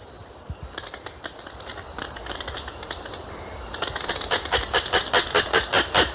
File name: canto do guacharo